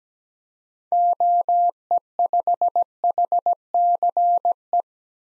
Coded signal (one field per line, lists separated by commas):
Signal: Morse code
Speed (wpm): 17 wpm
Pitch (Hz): 700 Hz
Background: none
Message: OE5HCE